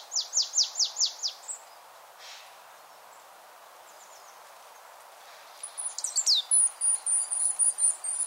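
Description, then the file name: Marsh Tit calls: a fast string of six high descending notes, a pause, then a second, busier run of sharp notes, with a thin sustained high whistle alongside. "Poecile palustris"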